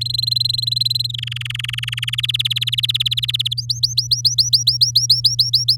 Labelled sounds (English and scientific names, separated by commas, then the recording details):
Domestic Canary (Serinus canaria) song
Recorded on 9 May 2018 at 11:56
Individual llb16